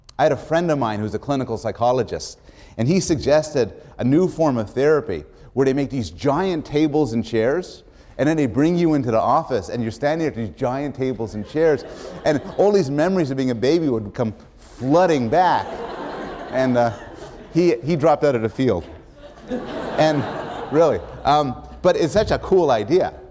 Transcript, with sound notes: I had a friend of mine who's a clinical psychologist and he suggested a new form of therapy where they make these giant tables and chairs and then they bring you in to the office and you're standing there with these giant tables and chairs [laughter] and all these memories of being a baby would come flooding back. [laughter] And he dropped out of the field and — [laughter] Really, but it's such a cool idea.